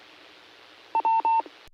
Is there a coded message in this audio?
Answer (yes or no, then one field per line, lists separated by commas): no